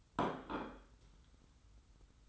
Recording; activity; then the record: daily activity, microphone in the room; place plate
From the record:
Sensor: 3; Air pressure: 990.8 hPa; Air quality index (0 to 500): 146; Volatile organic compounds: 398 ppm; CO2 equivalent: 4668 ppm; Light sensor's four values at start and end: 40/96/39/36 and 40/96/39/36